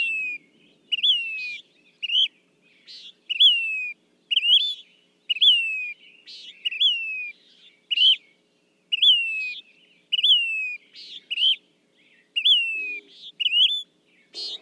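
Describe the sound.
Say's phoebe calling repeatedly, plaintive descending whistles alternating with quick upslurred notes.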